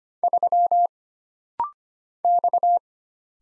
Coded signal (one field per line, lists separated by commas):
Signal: Morse code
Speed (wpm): 25 wpm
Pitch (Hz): 700 Hz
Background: none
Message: 3 X